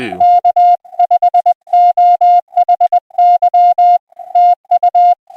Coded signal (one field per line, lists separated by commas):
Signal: Morse code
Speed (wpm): 20 wpm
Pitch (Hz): 720 Hz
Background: music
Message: K5OHY TU